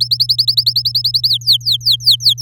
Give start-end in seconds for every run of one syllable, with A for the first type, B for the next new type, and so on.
0.00-1.28 A, 1.29-2.41 B